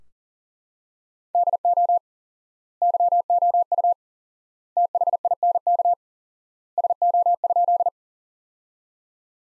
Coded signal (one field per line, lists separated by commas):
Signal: Morse code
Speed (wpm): 40 wpm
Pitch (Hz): 700 Hz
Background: none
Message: DO YOU THINK SO?